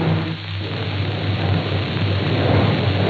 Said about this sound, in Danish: I dette øjeblik kommer nemlig lyntoget, de to sammenkoblede lyntog med kongen og alle gæsterne, kørende ganske langsomt og festligt ind til perronen på Fredericia station.